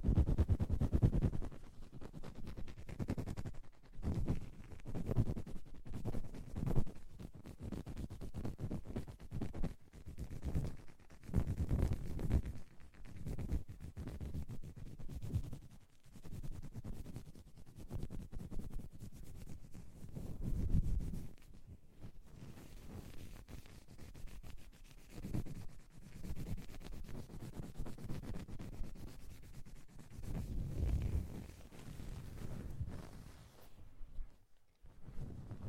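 Deep ear cleaning gives muffled, low rubbing and scraping in uneven bursts, with brief quiet gaps and occasional sharper crackles throughout.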